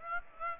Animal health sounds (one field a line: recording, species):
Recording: mosquito wingbeat signal from an infrared sensor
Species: Aedes aegypti